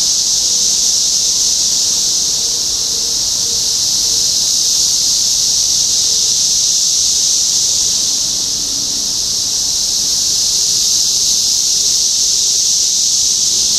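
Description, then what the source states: Cicada chorus: a dense, continuous shrill drone, swelling slightly and easing again, with faint low tones drifting in the background. Recorded in Topeka, Kansas, on 14 June 2015.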